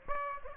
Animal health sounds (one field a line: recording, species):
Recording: mosquito wingbeat signal from an infrared sensor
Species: Aedes aegypti